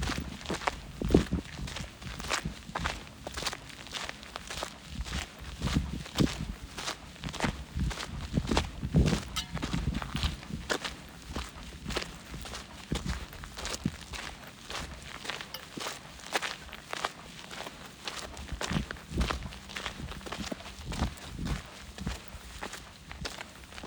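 Footsteps crunch steadily along a hiking trail in the McDowell Mountains, a quick regular stride of scuffing steps throughout. Low rumbling and a few faint voices sit underneath, with slightly heavier footfalls around the first ten seconds.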